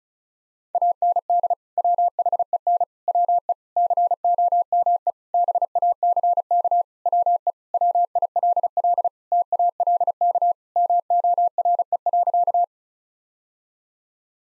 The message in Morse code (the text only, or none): AND WHEN WE COME BACK WE WILL TALK MORE.